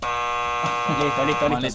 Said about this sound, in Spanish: ¿Está habilitada la chicharra? ¿Yo la puedo probar ahora, por ejemplo? Dale. A ver. Anda bien.